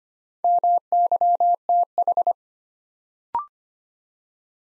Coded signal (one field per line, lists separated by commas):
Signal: Morse code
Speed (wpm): 25 wpm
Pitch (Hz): 700 Hz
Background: none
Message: MYTH